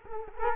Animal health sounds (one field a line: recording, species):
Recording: mosquito wingbeat signal from an infrared sensor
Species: Culex quinquefasciatus